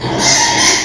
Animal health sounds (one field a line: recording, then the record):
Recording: squeal of a Yucatan mini pig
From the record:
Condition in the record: before surgery on the right vocal fold (resection and tissue-engineered implant)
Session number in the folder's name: 2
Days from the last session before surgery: 0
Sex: male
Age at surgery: 12 weeks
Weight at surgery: 13 kg